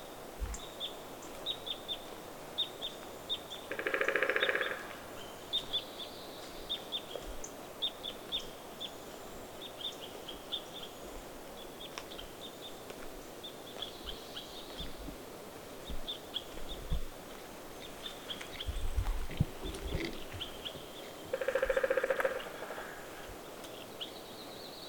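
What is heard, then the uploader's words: A forest full of birds, with light high chirps and trills recurring steadily throughout. Two louder, fuller calls stand out near the start and again toward the end, and a few low knocks land around the twenty-second mark over a quiet outdoor hush. In the Forest with Pileated Woodpeckers. Audio recorded in a forest near my home in Montana. A variety of birds including two pileated woodpeckers who hammered their rhythms back and forth across the forest in a strange call-and-response. With a shotgun microphone and a boom pole in a forest. It is quiet.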